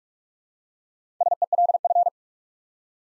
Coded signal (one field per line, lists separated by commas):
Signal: Morse code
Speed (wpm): 44 wpm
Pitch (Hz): 700 Hz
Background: none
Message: SELF